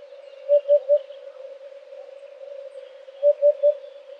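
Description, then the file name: Eurasian hoopoe giving two clear low triplets of hollow hoots, about three seconds apart, over a steady humming tone. "huppe fasciee"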